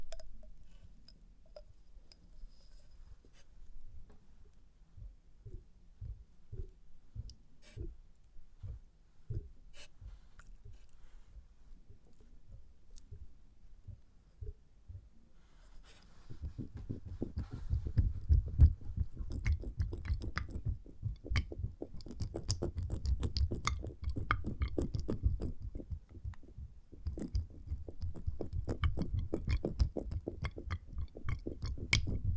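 Experimental triggers in test tubes: a run of soft, quick taps and clicks, sparse and quiet for the first fifteen seconds or so. Around sixteen seconds the sounds grow louder and denser, becoming a busy, fast stream of crisp clicks and rubbing with a low thudding underneath.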